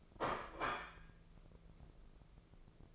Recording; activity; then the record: daily activity, microphone in the room; place plate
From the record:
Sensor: 5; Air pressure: 1015.1 hPa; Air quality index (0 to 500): 206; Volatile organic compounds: 10 ppm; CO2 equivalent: 2258 ppm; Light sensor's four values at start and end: 50/119/48/49 and 50/119/48/49